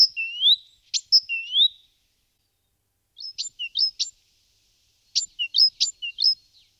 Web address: jadelmo pajaros Carbonero comun